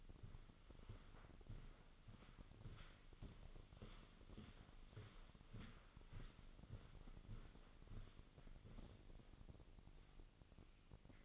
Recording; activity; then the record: daily activity, microphone in the room; walk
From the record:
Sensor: 4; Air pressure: 1010.1 hPa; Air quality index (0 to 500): 175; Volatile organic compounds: 2 ppm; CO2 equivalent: 1268 ppm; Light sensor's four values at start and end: 63/157/66/73 and 62/154/65/71